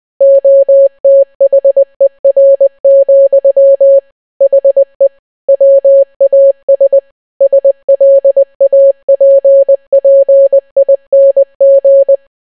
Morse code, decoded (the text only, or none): OTHER, HE WAS SLAPPING